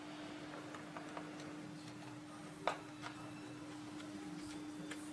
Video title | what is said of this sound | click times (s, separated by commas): Tutorial Membongkar dan Merakit Komputer dengan Baik dan Benar | ada bunyi klik juga | 2.7 s